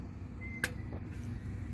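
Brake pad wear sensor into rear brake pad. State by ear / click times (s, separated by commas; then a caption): seated / 0.6 s. A plastic rear brake pad wear sensor on a 2012 BMW E93 is pressed straight into the slot in the brake pad backing plate. A single sharp click at 0.6 s rises above a steady low background rumble. The sensor is confirmed seated in the pad.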